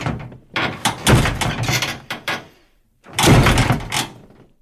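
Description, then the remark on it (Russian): A heavy iron bunker door crashes open with a loud, rattling metallic bang. It rumbles and clatters for about two seconds, falls silent briefly, then a second jolting crash follows and fades. “Железная дверь бункера с грохотом распахнулась.”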